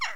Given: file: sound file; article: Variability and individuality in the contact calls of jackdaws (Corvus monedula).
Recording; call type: jackdaw call; harmonic